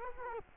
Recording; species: mosquito wingbeat signal from an infrared sensor; Culex quinquefasciatus